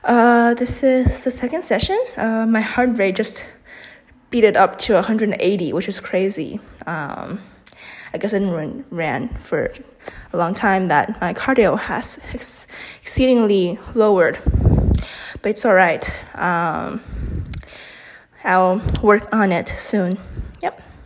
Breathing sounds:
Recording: free speech after running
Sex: female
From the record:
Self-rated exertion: moderate exertion (3 of 6)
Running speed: 5 miles an hour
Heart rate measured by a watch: 145 beats a minute at the start, 141 at the end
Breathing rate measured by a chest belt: 20 breaths a minute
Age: 18 years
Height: 171 cm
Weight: 75 kg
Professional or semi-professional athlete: no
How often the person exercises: 1 to 2 times a week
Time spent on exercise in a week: under 1 hour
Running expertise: no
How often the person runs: 1 to 2 times a week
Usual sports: running, fencing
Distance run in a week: 3 km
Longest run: 21.3 km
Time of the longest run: 190 minutes

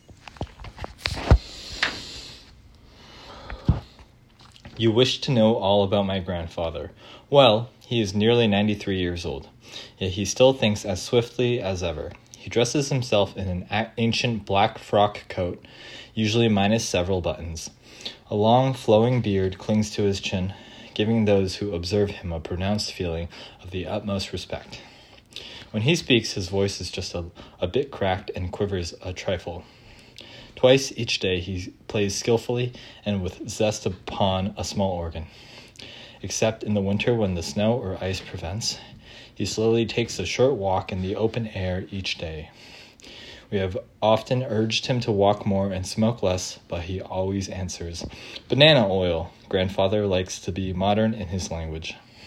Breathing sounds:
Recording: reading aloud after running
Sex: male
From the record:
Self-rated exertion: light exertion (2 of 6)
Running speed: 6 miles an hour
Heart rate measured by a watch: 104 beats a minute at the start, 95 at the end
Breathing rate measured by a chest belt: 17 breaths a minute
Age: 24 years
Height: 175 cm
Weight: 79 kg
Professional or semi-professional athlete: no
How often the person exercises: 3 to 5 times a week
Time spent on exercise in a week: 3 to 4 hours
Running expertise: yes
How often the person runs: under once a week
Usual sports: weight training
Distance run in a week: 1 km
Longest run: 16 km

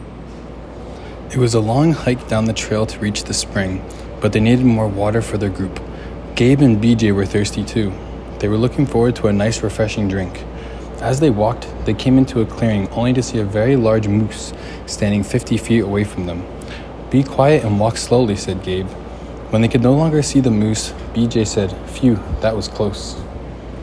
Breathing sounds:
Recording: reading aloud after running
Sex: male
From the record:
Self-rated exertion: very light exertion (1 of 6)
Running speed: 6 miles an hour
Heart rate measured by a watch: 146 beats a minute at the start, 145 at the end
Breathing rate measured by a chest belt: 20 breaths a minute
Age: 27 years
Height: 188 cm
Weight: 79 kg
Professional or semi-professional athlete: no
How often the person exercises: 3 to 5 times a week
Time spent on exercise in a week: 3 to 4 hours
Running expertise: yes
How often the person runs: 1 to 2 times a week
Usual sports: running, tennis, rock climbing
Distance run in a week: 10 km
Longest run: 42 km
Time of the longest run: 220 minutes

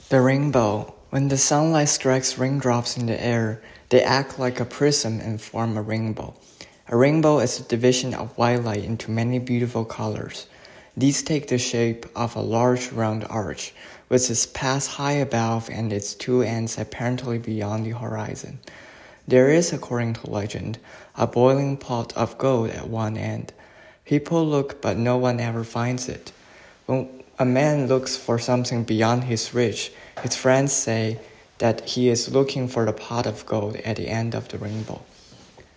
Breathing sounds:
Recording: reading aloud after running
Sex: male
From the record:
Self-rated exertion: very light exertion (1 of 6)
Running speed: 7 miles an hour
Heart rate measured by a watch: 91 beats a minute at the start, 85 at the end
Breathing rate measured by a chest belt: 11 breaths a minute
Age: 24 years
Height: 175 cm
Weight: 56 kg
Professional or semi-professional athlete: no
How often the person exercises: over 5 times a week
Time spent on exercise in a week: over 5 hours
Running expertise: yes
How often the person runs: over 5 times a week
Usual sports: running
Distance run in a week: 60 km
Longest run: 43 km

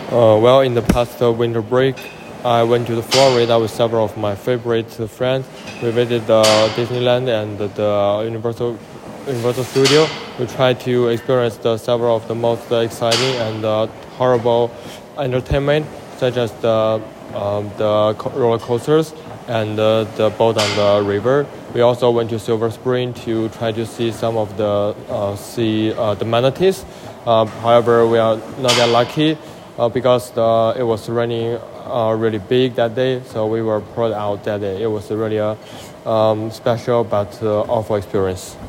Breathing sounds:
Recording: free speech after running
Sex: male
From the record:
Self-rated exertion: light exertion (2 of 6)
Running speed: 6 miles an hour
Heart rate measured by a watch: 122 beats a minute at the start, 125 at the end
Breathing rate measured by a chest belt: 15 breaths a minute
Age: 24 years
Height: 183 cm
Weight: 71 kg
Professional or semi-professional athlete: no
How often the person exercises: 1 to 2 times a week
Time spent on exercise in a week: under 1 hour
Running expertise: no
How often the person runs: under once a week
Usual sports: tennis

